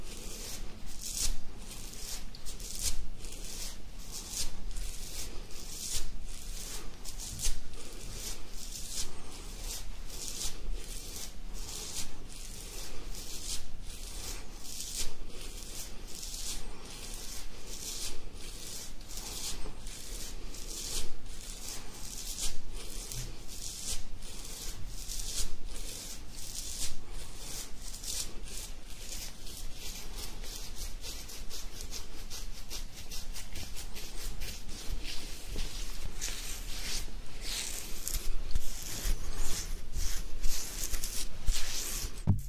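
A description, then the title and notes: Beard scratching as a fast, steady run of dry bristly rasps, repeating densely throughout and growing slightly quicker and louder near the end. ASMR INSANE BEARD SCRATCHING.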